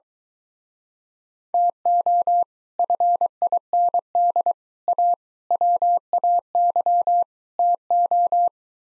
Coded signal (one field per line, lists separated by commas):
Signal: Morse code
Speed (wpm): 23 wpm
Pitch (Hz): 700 Hz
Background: none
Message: TO FIND A WAY TO